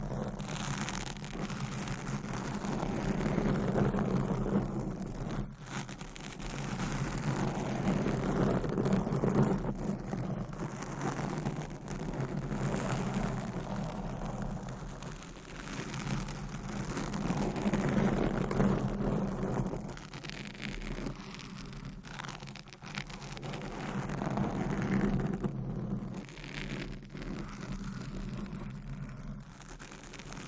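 Mic scratching fills the whole stretch as a dense, continuous rustle with a low, muffled body and a strong hum-like band underneath. The texture stays steady, swelling slightly around 3–5 and 17–19 seconds, with brief sharp breaks near 5.5, 22 and 26 seconds.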